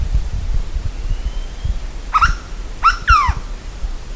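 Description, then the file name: Bird calls, three short, nasal, harmonic notes, the later ones dropping in pitch, given within about a second above low thumping background noise. "SABIOD 50 bird 2015"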